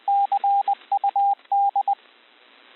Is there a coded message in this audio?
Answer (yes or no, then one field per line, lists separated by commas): yes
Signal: Morse code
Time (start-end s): 0.1-1.9 s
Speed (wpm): 20 wpm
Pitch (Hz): 800 Hz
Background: radio noise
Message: CUD